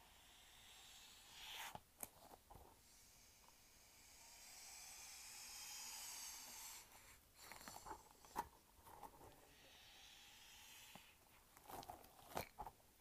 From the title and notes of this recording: Squishing and Shaking a Light-Up Ball.